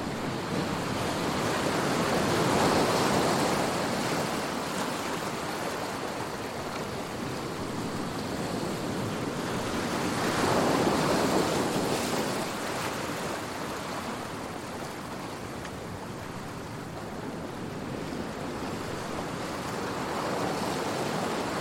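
Ocean waves wash steadily onto the shore, swelling into louder breaks around three and eleven seconds, with a rushing hiss throughout.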